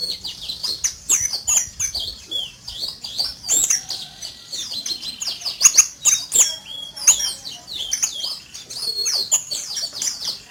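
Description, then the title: White-eye song: a rapid, sustained chatter of high piercing chirps and trills, rising and falling in loudness, with occasional sharp clicking sounds. Recorded in Malang, East Java. "Pleci Mr. Kebo Malang - Jawa Timur"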